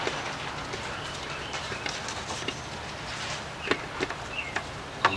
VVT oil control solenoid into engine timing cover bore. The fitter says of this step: keep twisting back and forth while pushing in and you'll hear it you actually heard it snap in line the bolt up